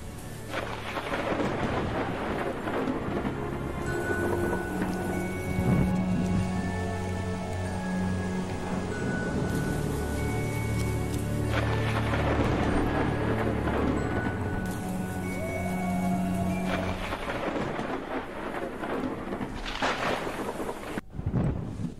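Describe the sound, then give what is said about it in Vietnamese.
Heavy rain pours steadily at night over hills while deep thunder rumbles and rolls several times, the low booms swelling and fading beneath the constant hiss of the downpour. “ông thầy Hải và Long bây giờ cũng đang đội mưa mà cắm đầu cắm cổ mà chạy”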